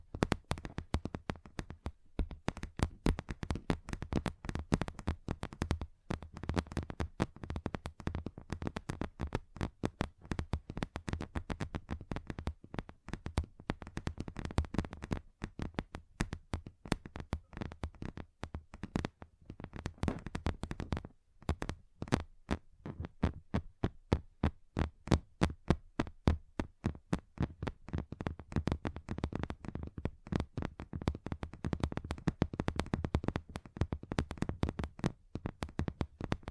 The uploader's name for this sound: Table Tapping Different Surfaces